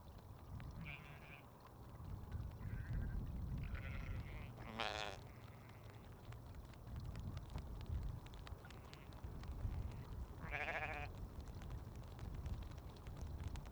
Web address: fxtracks mountain sheep